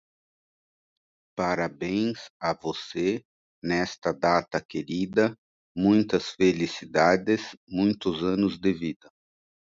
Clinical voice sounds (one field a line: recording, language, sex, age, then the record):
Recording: short text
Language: Brazilian Portuguese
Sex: male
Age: 50 to 59 years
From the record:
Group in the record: control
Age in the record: 57 years